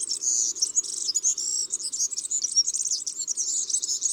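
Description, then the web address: European serin song, a high, rapid, jangling and buzzy twitter running on without pause for the whole four seconds. In March. "Mars Le Serin cini. album les-4-saisons-des-chants-doiseaux"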